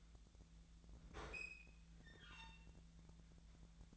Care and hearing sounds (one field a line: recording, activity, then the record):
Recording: daily activity, microphone in the room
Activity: open fridge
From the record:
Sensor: 3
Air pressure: 1009.6 hPa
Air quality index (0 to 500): 192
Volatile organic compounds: 15 ppm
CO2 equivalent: 2503 ppm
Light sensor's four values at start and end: 38/94/40/43 and 38/94/40/43